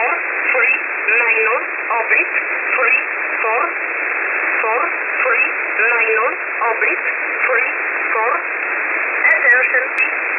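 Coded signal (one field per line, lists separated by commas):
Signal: numbers station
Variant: E11 Oblique, English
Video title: 16 02 2023 Numbers station E11 Oblique in English to Eu in USB mode 0820 on 5149 Warsaw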